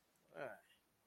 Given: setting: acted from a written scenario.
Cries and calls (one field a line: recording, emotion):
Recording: vocal sound without words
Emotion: negative surprise